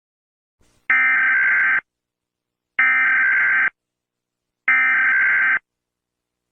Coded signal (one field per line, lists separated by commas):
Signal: Emergency Alert System (SAME) tones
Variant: header bursts